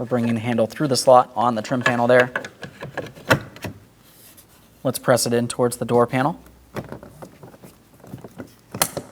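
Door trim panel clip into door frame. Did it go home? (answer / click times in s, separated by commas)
yes / 8.8 s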